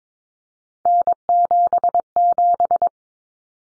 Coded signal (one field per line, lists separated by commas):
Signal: Morse code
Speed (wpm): 22 wpm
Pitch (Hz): 700 Hz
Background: none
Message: N77